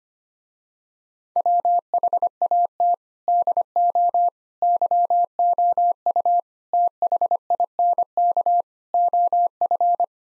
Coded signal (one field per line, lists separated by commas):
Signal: Morse code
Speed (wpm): 25 wpm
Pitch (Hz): 700 Hz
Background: none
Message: WHAT DO YOU THINK OF